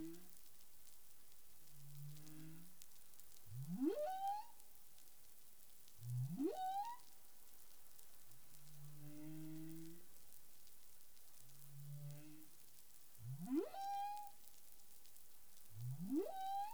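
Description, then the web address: Humpback whale song phrases: rising whoops sliding up to a sustained tone, interleaved with low grunting moans, the pattern repeating at irregular intervals. Caribbean, recorded 19 April 2021 at 08:14 UTC. "CARIMAM. humpback whale 20210419 081442 UTC"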